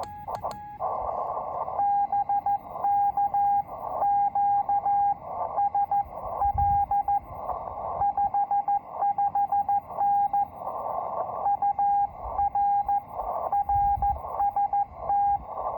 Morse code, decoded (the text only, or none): BK QSL 55N UR RST